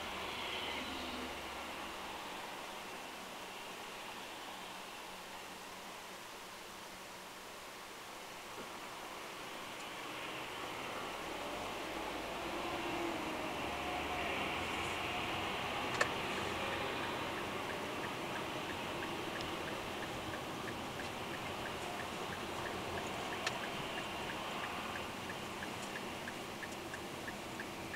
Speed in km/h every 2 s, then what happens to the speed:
9, 4, 0, 0, 0, 1, 9, 18, 26, 26, 25, 23, 24, 22.
0-3 slows to 0. 3-10 standing. 10-16 pulls away to 26. 16-28 steady at about 24.